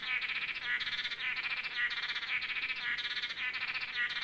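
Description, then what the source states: Blue-backed manakins calling together, a steady stream of rasping, buzzy notes that overlap and repeat about twice each second. Several birds calling together.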